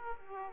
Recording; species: mosquito wingbeat signal from an infrared sensor; Aedes aegypti